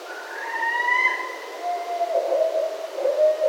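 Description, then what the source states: Barred owl call: a long, wailing rising note that levels off, followed by lower, wavering hoot-like tones. Recorded 27 October 2011.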